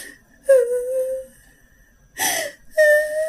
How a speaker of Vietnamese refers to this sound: Mà cái tiếng khóc giống như là oan ức, uất ức, một cái gì đó thổn thức, cái gì đó vậy đó. Thì tự nhiên bạn đang làm mà có hai người đàn ông trong phòng mà lại nghe một cái tiếng khóc của một người phụ nữ